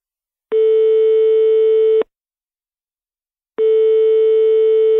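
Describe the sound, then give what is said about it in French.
Answering machine tones: two long, steady, mid-pitched electronic beeps, each lasting about a second and a half, separated by a pause of silence, with no one speaking. “Comprendre un message sur un répondeur.”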